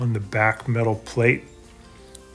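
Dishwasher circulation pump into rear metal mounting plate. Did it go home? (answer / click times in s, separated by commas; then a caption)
yes / 2.1 s. Someone talks while the circulation pump of a Miele dishwasher, being repaired for making a loud noise, is pushed into the rear metal mounting plate. After a quiet stretch, two short clicks at 2.1 s and 2.2 s mark its two plastic tabs locking in, leaving the pump seated.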